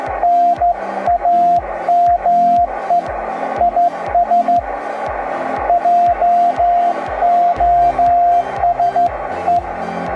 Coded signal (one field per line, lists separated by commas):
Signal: Morse code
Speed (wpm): 13 wpm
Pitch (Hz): 700 Hz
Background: music, radio noise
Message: NAME IS JOSE